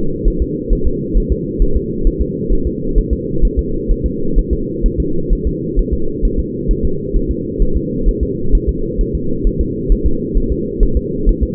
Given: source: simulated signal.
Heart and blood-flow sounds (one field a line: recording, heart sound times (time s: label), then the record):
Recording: fetal heart sounds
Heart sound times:
0.28 s: S1
0.42 s: S2
0.73 s: S1
0.87 s: S2
1.17 s: S1
1.32 s: S2
1.62 s: S1
1.76 s: S2
2.07 s: S1
2.21 s: S2
2.53 s: S1
2.67 s: S2
2.98 s: S1
3.13 s: S2
3.45 s: S1
3.59 s: S2
3.91 s: S1
4.06 s: S2
4.39 s: S1
4.53 s: S2
4.86 s: S1
5.00 s: S2
5.33 s: S1
5.47 s: S2
5.79 s: S1
5.94 s: S2
6.25 s: S1
6.39 s: S2
6.71 s: S1
6.85 s: S2
7.16 s: S1
7.31 s: S2
7.62 s: S1
7.77 s: S2
8.09 s: S1
8.23 s: S2
8.55 s: S1
8.69 s: S2
9.01 s: S1
9.15 s: S2
9.47 s: S1
9.61 s: S2
9.92 s: S1
10.06 s: S2
10.38 s: S1
10.52 s: S2
10.83 s: S1
10.97 s: S2
11.29 s: S1
11.43 s: S2
From the record:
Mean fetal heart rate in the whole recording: 130 bpm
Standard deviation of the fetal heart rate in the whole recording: 4 bpm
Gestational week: 38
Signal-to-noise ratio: -8.1 dB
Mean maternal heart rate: 72 bpm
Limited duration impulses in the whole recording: absent